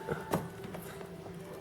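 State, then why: Not seated. A second RAM module is handled over a motherboard DIMM slot, where it will be pressed down until the retention latch clicks. A short sharp knock at 0.3 s and a softer longer sound at 0.8 s rise over a steady low hum. Nothing has seated or clicked yet.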